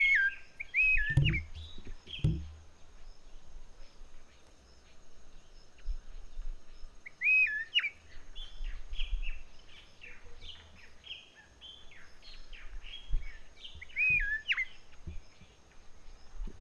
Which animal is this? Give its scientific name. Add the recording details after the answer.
Onychognathus morio. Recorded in northern Uganda